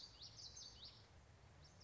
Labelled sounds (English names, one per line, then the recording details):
Common Yellowthroat
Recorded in Sonoma County, California